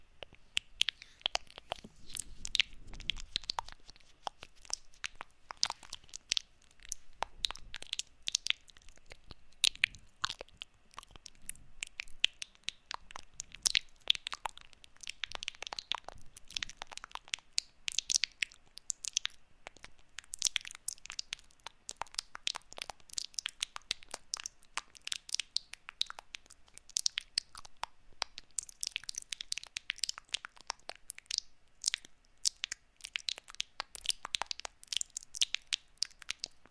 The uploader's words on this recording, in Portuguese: Um ASMR focando em sons de boca molhados e estalinhos para promover relaxamento intenso e arrepios.